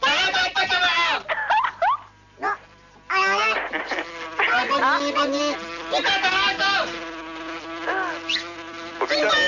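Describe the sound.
Flies buzz in a steady, droning hum that wavers in pitch, with several people talking and exclaiming over it throughout.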